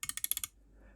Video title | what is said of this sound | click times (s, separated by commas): How big is yours? - Measuring and comparing sizes. Callipers, Micrometer, Accuracy and Resolution. | so there we go we can see a little clutch on the end slips you can hear it clicking | 0.0 s, 0.1 s, 0.2 s, 0.3 s, 0.4 s